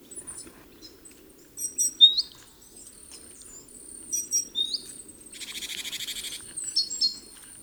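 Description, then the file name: Great tit calls: a single buzzy churr late on, among scattered high thin whistles and chirps. "Parus major"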